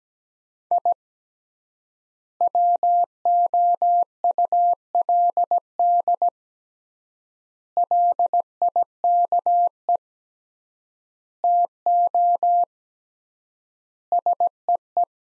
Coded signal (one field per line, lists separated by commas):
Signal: Morse code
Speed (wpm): 17 wpm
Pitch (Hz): 700 Hz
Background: none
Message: I WOULD LIKE TO SEE